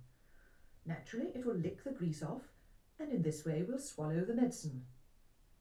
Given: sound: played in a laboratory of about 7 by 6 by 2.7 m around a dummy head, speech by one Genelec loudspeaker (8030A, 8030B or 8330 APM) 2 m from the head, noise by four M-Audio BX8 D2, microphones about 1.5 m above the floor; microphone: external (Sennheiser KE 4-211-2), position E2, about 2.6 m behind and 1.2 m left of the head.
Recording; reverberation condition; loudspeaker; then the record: female speech in English; low; 120 degrees to the right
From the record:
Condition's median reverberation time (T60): about 310 ms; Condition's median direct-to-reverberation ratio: about 3.5 dB